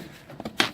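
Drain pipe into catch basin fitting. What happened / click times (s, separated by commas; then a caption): The plastic drain pipe snapped into its fitting / 0.6 s. A corrugated/PVC drain pipe is pushed into a fitting at a catch basin, and two faint knocks at 0.4 s and 0.5 s lead up to one sharp, loud snap at 0.6 s. The pipe is seated and snapped together in the fitting.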